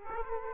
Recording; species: mosquito wingbeat signal from an infrared sensor; Aedes aegypti